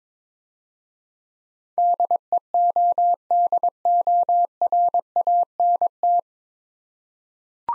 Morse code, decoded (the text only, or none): DEODORANT